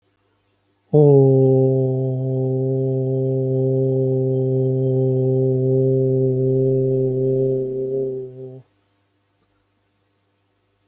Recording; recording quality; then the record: sustained vowel as in boot; moderate, slight background noise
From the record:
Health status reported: healthy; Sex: male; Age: 35 years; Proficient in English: yes